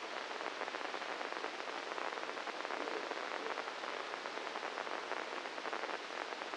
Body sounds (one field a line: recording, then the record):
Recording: brain microelectrode recording played as sound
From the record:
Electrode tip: inside the subthalamic nucleus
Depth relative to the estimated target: -1 mm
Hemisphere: left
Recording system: NeuroSet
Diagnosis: Parkinson's disease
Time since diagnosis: 9 years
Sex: male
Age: 56 years